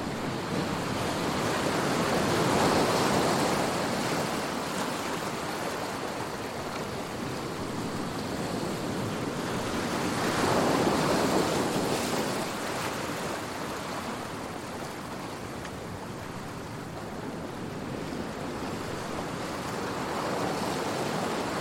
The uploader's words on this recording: Ocean Wave Sounds. At first, it's a distant rumble, a low and steady roar that resonates deep within my chest. As the waves draw near, the sound intensifies, growing in volume and power. As the waves break upon the shore, a symphony of foam and mist is released into the air.